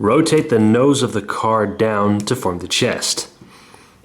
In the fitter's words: it doesn't lock in place but at least the hinge is separate from the shoulder joints